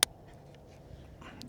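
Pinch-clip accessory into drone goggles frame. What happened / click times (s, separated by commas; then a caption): The clip-on part snapped into its frame / 0.0 s. A pinned pinch-clip accessory for the DJI Avata 2 is squeezed at its top and pushed into the frame of the drone's video goggles, snapping in with one sharp, loud click at 0.0 s. Only faint, low handling noise follows, with a few small taps toward the end. The part is seated in the goggles.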